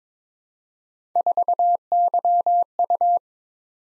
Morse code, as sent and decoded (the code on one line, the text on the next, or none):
....- -.-- ..-
4YU